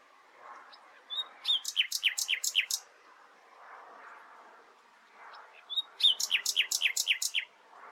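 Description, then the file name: Common nightingale delivering two phrases of quick, descending notes repeated in rapid succession, with a pause between them. "Luscinia megarhynchos"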